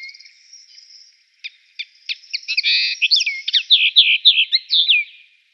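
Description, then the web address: Eurasian linnet singing, a few ticks building into a fast, varied twitter of trilled chirps and wavering whistles. "Schulze Peter Eurasian Linnet song"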